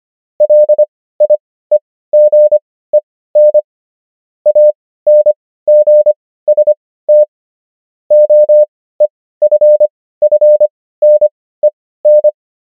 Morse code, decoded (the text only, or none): LIEGEN ANGST OEFFNEN